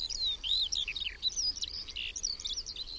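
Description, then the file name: Eurasian skylark song, a high twittering run of quick chirps and slurred whistles over a steady background hiss. "SKOWRONEK"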